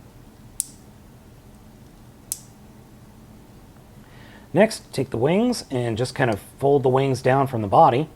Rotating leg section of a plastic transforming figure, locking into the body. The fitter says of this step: and then take the whole section and spin it around like that with that nice click